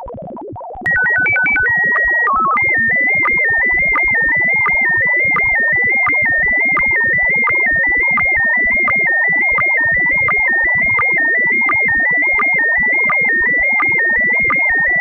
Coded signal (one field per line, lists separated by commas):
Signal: SSTV (slow-scan television)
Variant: PD 90